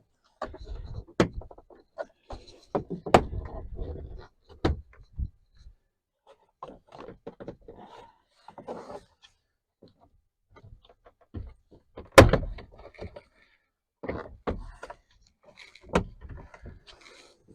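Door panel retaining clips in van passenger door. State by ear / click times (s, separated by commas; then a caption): released / 1.2 s, 3.1 s, 4.6 s, 12.2 s. A plastic interior door panel is pulled off the metal passenger door of a Ford Transit 350 XLT van to replace the door check. Its retaining clips pop out of the door with sharp snaps at 1.2, 3.2, 4.7 and 12.2 seconds, amid quieter rustling and knocking. The clips release and the panel comes loose.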